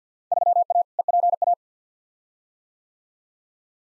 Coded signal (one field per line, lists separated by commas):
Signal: Morse code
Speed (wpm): 50 wpm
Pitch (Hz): 700 Hz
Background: none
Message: 3A EPA